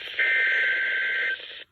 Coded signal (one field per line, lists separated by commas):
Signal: Emergency Alert System (SAME) tones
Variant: header bursts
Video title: LWX Special Marine Warning EAS#169- NWR